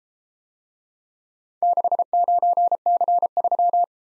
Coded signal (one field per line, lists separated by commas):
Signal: Morse code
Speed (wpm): 31 wpm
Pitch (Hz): 700 Hz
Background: none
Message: 69C3